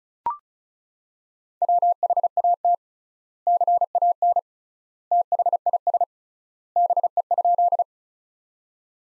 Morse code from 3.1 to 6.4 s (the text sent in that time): CAN THIS